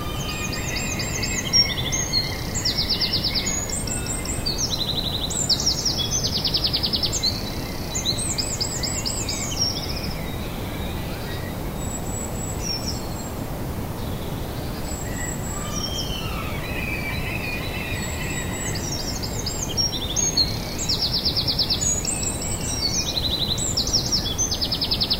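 A dawn chorus at sunrise in a Danish city: many birds chirp and trill over one another in high, quick bursts, busiest in the first ten seconds and again after twenty. A steady low rumble of traffic runs underneath throughout.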